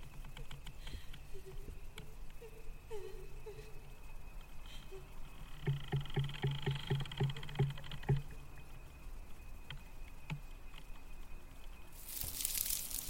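Haunted cemetery ambience with a faint, wavering voice-like hum drifting in between about 1 and 4 seconds over low rumble and scattered clicks. From roughly 5.5 to 8 seconds a pulsing, throbbing low tone beats rapidly, and a sharp burst of bright hiss closes the clip.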